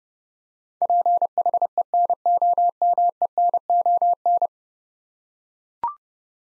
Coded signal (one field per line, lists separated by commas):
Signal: Morse code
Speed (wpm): 30 wpm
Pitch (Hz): 700 Hz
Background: none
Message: PHENOMENON